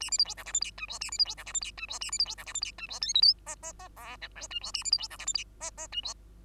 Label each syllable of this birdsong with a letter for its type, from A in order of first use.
A B C D E F G H I J A B C D E F G H I J A B C D E F G H I J K L M N N N O P Q I J A B C D E F G H N N I J